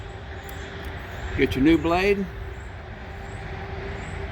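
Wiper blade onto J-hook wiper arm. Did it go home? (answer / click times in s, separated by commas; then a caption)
no / none. A new wiper blade is picked up and turned so its clip faces down toward the J-hook wiper arm of a Ford F150, ready to be hooked on. Someone talks briefly over a steady low hum, and no other distinct sounds occur. Nothing has seated or clicked yet.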